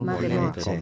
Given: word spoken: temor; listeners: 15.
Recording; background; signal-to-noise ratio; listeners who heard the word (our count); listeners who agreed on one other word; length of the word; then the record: one Spanish word in noise, from a listening test; four-talker babble; -1.3 dB; 0 of 15; 7 of 15; 0.42 s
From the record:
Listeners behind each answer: 7, 1, 1, 1, 1, 1, 1, 1, 1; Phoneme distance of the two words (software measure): 48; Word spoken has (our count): 2 syllables, 5 phonemes, stress on syllable 2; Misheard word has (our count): 2 syllables, 5 phonemes, stress on syllable 1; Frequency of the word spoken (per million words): 50.75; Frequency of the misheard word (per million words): 17.18